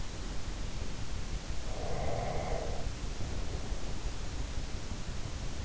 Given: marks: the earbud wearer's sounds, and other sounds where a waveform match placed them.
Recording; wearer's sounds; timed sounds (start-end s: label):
sounds in sleep by an in-ear microphone; breath
1.68-3.98 s: breath